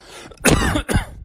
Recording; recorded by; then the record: voluntary cough; messaging app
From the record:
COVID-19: negative